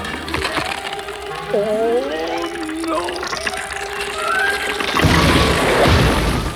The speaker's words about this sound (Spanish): Al ver que ni se movía, Mushu le dio tal golpe con el gong que el dragón de piedra no solo lo despertó, sino que se hizo añicos.